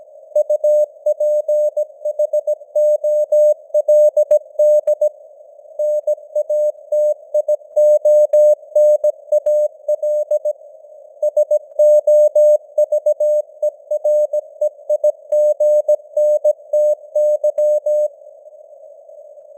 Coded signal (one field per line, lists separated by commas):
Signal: Morse code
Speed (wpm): 17 wpm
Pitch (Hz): 600 Hz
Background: none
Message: UPHOLD NATIONAL SOVEREIGNTY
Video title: Morse Code News | 2025-11-03 | 17wpm